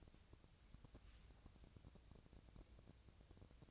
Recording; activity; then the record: daily activity, microphone in the room; take from stove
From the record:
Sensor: 2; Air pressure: 999.8 hPa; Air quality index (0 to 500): 122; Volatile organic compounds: 2 ppm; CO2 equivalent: 1050 ppm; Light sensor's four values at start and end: 35/85/37/42 and 35/86/37/42